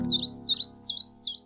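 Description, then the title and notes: Common chiffchaff song, four sharp high notes repeated at a steady pace, slightly alternating in pitch, with a faint low hum beneath. "Tjiftjaf by Janneke Holwarda"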